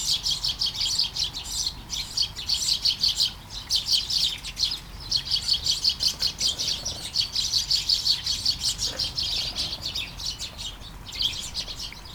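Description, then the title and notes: Dense sparrow chatter, rapid overlapping chirps almost without pause, over a soft background hiss. Flying sparrows in a garden at Taastrup, Denmark, early morning during a light shower; recorded on a Sony PCM-D100 with internal mics. "Kærengen 8, 2630 Taastrup, Denmark - Flying sparrows. Flying sparrows in the garden, early morning. Light shower. Vols de moineaux dans le jardin, au petit matin. Pluie fine"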